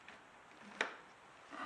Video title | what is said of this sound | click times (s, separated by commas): UNBOXING, CASQUE INTEGRAL VEMAR PISTE (ET ROUTE) | Et par contre, au niveau de la fermeture, vous avez entendu le clic comme moi, c'est bien fermé. | 0.8 s